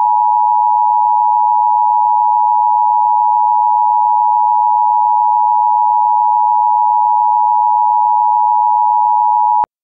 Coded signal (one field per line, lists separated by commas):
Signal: Emergency Alert System (SAME) tones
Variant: 853 and 960 Hz attention tone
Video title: [READ DESC] How To Make An EAS Mock!